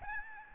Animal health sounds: mosquito wingbeat signal from an infrared sensor; Aedes albopictus

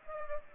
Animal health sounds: mosquito wingbeat signal from an infrared sensor; Aedes aegypti

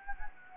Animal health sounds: mosquito wingbeat signal from an infrared sensor; Anopheles gambiae

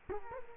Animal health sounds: mosquito wingbeat signal from an infrared sensor; Culex quinquefasciatus

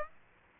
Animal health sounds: mosquito wingbeat signal from an infrared sensor; Aedes aegypti

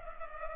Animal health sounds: mosquito wingbeat signal from an infrared sensor; Culex pipiens

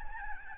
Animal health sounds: mosquito wingbeat signal from an infrared sensor; Aedes albopictus

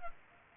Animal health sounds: mosquito wingbeat signal from an infrared sensor; Culex pipiens

